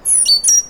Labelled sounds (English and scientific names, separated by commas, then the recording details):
Stitchbird (Notiomystis cincta) song
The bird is a male
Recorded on Tiritiri Matangi Island, New Zealand, in 2005
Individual 9, of nest box 11